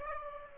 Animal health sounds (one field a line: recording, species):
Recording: mosquito wingbeat signal from an infrared sensor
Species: Aedes aegypti